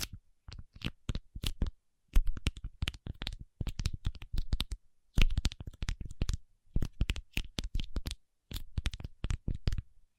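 Paraffin wax being peeled, tapped and scratched in quick, dense bursts of crisp clicks and scrapes, with short pauses between clusters.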